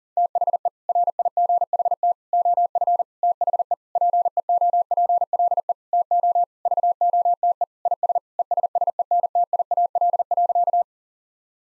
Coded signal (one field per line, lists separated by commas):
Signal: Morse code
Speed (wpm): 40 wpm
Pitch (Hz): 700 Hz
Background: none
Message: THE RIGHT OF THE PEOPLE TO VOTE IS ESSENTIAL.